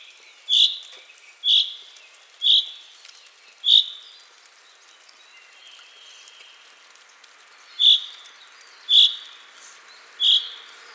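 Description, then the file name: Common chaffinch uttering seven brisk, sharp call notes, four in quick succession, then a pause before three more, over a quiet hissy background. "Fringilla coelebs"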